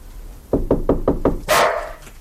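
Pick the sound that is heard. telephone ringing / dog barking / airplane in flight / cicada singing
dog barking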